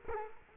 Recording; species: mosquito wingbeat signal from an infrared sensor; Culex quinquefasciatus